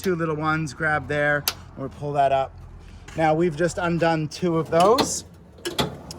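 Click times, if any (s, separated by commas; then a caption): 5.8 s. A Kimberley Karavan (2013–2017) slide-out kitchen is unlatched from two small finger catches on the caravan body and pulled fully out on its runners while someone talks. A short burst of sharp sounds follows, and the slide latch clicks and locks into the extended position at about 5.8 s.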